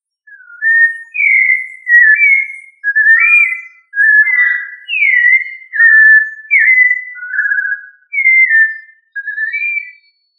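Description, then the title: Thrush singing a steady string of varied, short, slurred whistled phrases, about one per second. "Familia Turdidae - Sabia"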